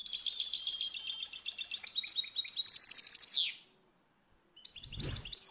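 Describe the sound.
Finch song, a fast, continuous jingling twitter building to a buzzy flourish, a short pause, then more twittering with a dull thud.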